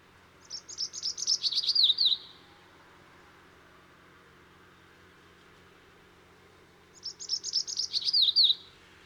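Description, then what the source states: Bird singing two matching phrases separated by a long pause, each a rapid series of high trilled notes finishing with sharp descending whistles; soft steady background hiss between them. Aberrant songs.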